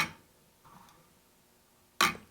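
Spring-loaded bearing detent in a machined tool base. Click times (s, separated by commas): 2.0 s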